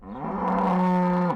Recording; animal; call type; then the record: contact call of a hoofed animal; cattle; low-frequency (closed-mouth) or high-frequency (open-mouth) call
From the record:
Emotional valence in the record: negative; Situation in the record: full separation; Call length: 1.35 s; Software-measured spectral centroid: 1150 Hz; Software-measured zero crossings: 1120 a second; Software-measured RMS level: -24 dBFS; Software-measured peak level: -15 dBFS